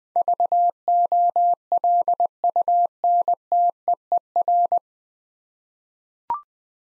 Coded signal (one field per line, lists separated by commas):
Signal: Morse code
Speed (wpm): 20 wpm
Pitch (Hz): 700 Hz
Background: none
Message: VOLUNTEER